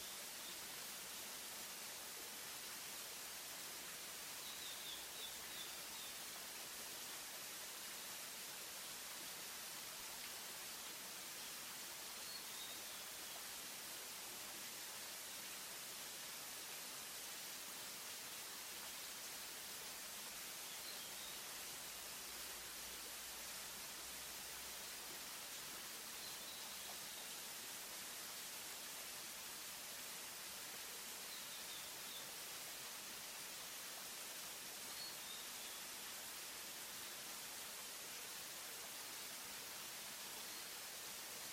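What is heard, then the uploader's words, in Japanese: A waterfall roars without pause, a thick, unchanging hiss of falling water that fills the upper range and stays level for the whole stretch. The sound is dense, with only a faint low rumble underneath and no other sounds breaking through. 出雲の国、八雲瀧 waterfall in Izumo。出雲の神社近くにある瀧です。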